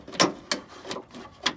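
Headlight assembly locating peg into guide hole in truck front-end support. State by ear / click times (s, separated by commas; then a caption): seated / 0.5 s, 1.5 s. A plastic headlight assembly is pushed into its mounting on the front-end support of a 1998 Dodge pickup, and its locating peg drops into the guide hole. Sharp clicks are heard at 0.5 s and 1.5 s, with a softer tap near 0.9 s and a brief knock around 0.2 s. The assembly has seated.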